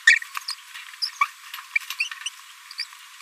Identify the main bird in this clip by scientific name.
Forpus passerinus